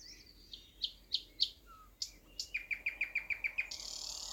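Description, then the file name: Thrush nightingale song: a few spaced sharp notes, a brief low whistle, then a fast run of repeated downslurred notes and a hissing high ending over faint background noise. "thrush nightingale - luscinia luscinia"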